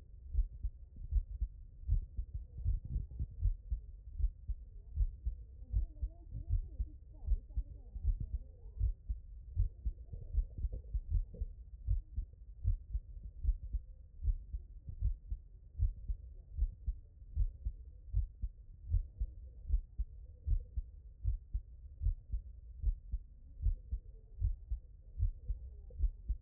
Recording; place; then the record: heart sounds by stethoscope; tricuspid valve (TV)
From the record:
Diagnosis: non-HFrEF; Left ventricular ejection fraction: 42%